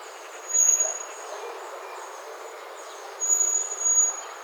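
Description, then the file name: Common blackbird with a high thin whistle, then after a pause two more close together, over constant background hiss. "Turdus merula"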